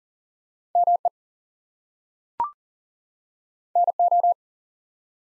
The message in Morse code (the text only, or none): ME NO